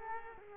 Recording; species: mosquito wingbeat signal from an infrared sensor; Culex quinquefasciatus